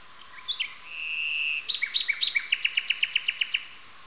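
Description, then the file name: Common nightingale singing: a few soft notes and a sustained whistle, then varied chirps leading into a fast run of about eight repeated sharp notes. "yuzhnij solovej luscinia megarhynchos"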